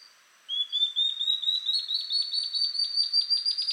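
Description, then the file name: Ocellated Antbird song, a rapid run of whistled notes that rises gradually in pitch and grows slightly faster toward the end. Subspecies mcleannani. "Ocellated Antbird Phaenostictus mcleannani mcleannani"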